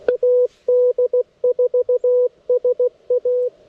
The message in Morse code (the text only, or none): AD4SA